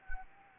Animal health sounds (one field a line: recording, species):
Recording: mosquito wingbeat signal from an infrared sensor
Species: Anopheles gambiae